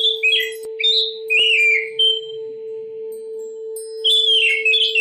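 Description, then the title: Oriental magpie-robin singing rich whistled phrases that slur up and down, in bursts separated by pauses, over a steady low hum. Long-duration chirping. "Kicau Kacer Durasi Panjang 1jam Lebih"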